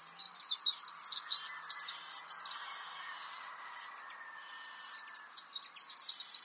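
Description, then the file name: Eurasian wren song: rapid shrill trilling phrases, a short quieter gap, then another fast twittering burst; faint whistles of other birds behind. "Troglodytes troglodytes"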